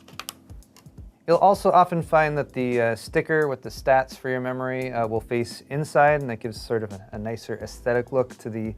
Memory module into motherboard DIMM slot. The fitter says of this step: and apply firm downward pressure to snap it into place